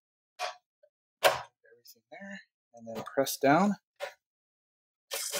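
A part of a 3D Nano Drum metering system with proportioner is being pressed down onto its base while someone talks, with short handling noises between the words. The clip ends just before the part snaps into place, so nothing has seated or clicked yet.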